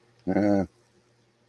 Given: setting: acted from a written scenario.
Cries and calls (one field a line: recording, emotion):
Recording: vocal sound without words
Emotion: sympathy